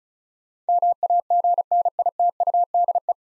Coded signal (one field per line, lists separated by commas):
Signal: Morse code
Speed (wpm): 34 wpm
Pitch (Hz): 700 Hz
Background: none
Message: MAGNITUDE